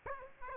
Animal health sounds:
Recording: mosquito wingbeat signal from an infrared sensor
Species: Aedes aegypti

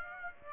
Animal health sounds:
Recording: mosquito wingbeat signal from an infrared sensor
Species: Aedes aegypti

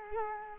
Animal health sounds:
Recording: mosquito wingbeat signal from an infrared sensor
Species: Culex quinquefasciatus

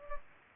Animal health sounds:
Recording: mosquito wingbeat signal from an infrared sensor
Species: Culex pipiens

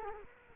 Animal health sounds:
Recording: mosquito wingbeat signal from an infrared sensor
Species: Culex quinquefasciatus

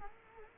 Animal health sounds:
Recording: mosquito wingbeat signal from an infrared sensor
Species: Culex quinquefasciatus

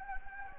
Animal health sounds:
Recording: mosquito wingbeat signal from an infrared sensor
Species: Anopheles gambiae

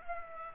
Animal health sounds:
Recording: mosquito wingbeat signal from an infrared sensor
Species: Culex pipiens

